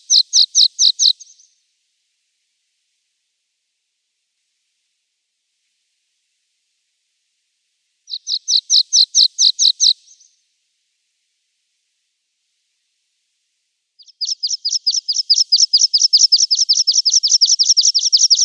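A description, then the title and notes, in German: A bird sings high, rapid trills of repeated notes in three bursts, around the start, eight seconds, and a longer one from fourteen seconds. Gesänge und Rufe heimischer Vogelarten.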